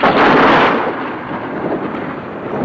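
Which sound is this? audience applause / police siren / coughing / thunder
thunder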